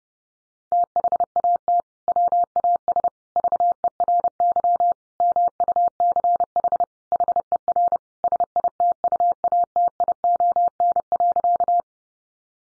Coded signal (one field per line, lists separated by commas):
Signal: Morse code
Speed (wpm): 30 wpm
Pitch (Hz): 700 Hz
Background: none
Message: THAT WAS VERY MUCH HER SITUATION.